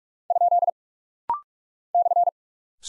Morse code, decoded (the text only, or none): ? /